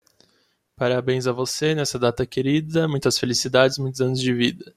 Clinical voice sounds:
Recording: short text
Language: Brazilian Portuguese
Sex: male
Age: 20 to 29 years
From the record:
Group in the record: control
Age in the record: 24 years

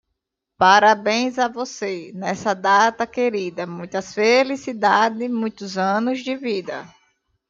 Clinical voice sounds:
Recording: short text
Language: Brazilian Portuguese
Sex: female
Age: 30 to 39 years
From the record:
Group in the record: control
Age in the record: 37 years

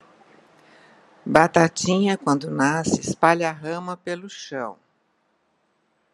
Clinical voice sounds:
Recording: short text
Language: Brazilian Portuguese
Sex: female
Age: 70 to 79 years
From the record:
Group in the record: control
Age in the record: 74 years

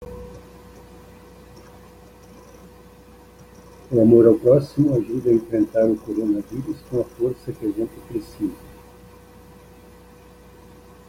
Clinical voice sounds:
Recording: spoken sentence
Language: Brazilian Portuguese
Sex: male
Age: 70 to 79 years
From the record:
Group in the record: control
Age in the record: 74 years

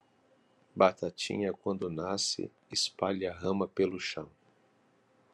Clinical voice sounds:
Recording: short text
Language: Brazilian Portuguese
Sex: male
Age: 50 to 59 years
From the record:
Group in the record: control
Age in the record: 52 years

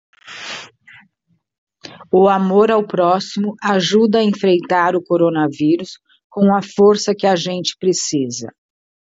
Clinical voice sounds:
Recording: spoken sentence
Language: Brazilian Portuguese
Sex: female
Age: 60 to 69 years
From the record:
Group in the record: control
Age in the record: 62 years

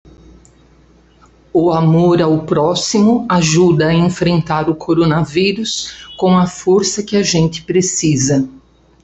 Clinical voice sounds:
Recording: spoken sentence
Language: Brazilian Portuguese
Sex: female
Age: 60 to 69 years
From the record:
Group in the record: control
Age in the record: 67 years

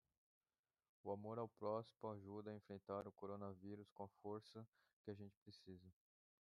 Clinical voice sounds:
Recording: spoken sentence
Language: Brazilian Portuguese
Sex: female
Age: 20 to 29 years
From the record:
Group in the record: control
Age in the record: 29 years

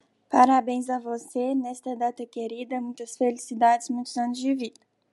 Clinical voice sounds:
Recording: short text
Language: Brazilian Portuguese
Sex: female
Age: 20 to 29 years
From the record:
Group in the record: control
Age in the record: 21 years

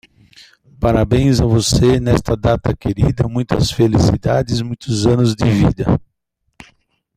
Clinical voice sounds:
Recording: short text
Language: Brazilian Portuguese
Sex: male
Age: 50 to 59 years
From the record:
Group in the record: control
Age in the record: 56 years

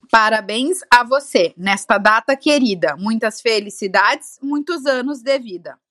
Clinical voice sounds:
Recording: short text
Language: Brazilian Portuguese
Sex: male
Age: 30 to 39 years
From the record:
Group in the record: control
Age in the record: 33 years

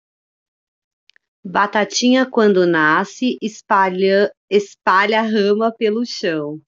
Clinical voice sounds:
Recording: short text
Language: Brazilian Portuguese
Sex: female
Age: 40 to 49 years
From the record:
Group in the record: control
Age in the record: 40 years

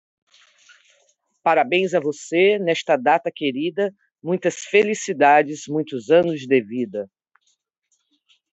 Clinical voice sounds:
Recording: short text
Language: Brazilian Portuguese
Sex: female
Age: 50 to 59 years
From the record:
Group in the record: control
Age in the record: 55 years

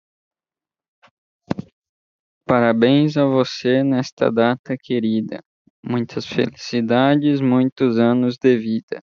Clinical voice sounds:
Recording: short text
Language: Brazilian Portuguese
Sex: male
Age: 18 to 19 years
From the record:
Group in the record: control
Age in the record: 19 years

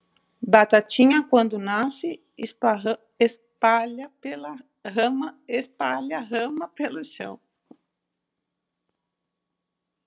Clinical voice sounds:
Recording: short text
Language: Brazilian Portuguese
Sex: female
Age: 50 to 59 years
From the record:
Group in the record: control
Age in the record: 51 years

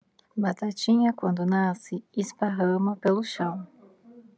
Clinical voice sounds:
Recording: short text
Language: Brazilian Portuguese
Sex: female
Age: 30 to 39 years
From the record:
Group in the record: control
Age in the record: 30 years

